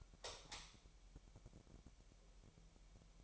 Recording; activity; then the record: daily activity, microphone in the room; light on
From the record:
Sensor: 1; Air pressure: 1002.0 hPa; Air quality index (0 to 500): 245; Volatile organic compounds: 48 ppm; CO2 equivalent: 3275 ppm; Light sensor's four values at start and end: 5/11/4/5 and 9/25/10/11